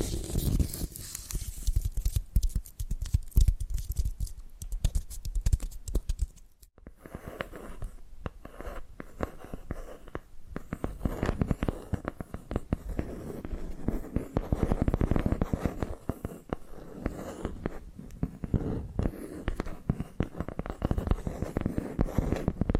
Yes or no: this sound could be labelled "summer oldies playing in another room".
no